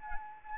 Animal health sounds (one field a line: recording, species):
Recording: mosquito wingbeat signal from an infrared sensor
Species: Anopheles arabiensis